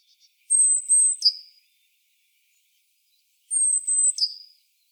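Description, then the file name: Great tit giving two high, thin drawn-out whistles, each one dropping to a brief lower note at its end, about three seconds apart, with silence between. "Parus major"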